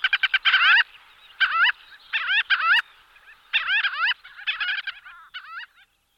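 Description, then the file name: Gull-billed tern giving harsh, nasal, rasping calls in quick bursts of several notes, with short pauses between the bursts. "rybák-černozobý"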